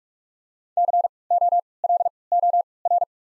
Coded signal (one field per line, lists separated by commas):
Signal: Morse code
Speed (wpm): 42 wpm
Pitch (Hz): 700 Hz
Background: none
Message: C O L O R